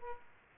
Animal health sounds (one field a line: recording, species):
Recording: mosquito wingbeat signal from an infrared sensor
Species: Aedes aegypti